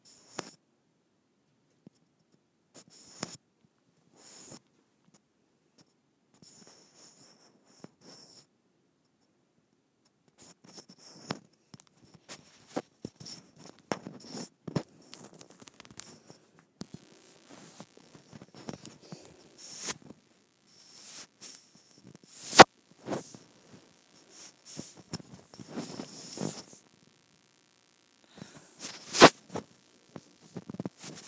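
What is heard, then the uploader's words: A microphone being rubbed against skin makes scratchy, brushing contacts. The first ten seconds hold sparse, isolated scrapes with silence between them. After that the rubbing becomes denser and busier, with sharp louder hits near 22 and 29 seconds. ASMR Rubbing Microphone on my Skin.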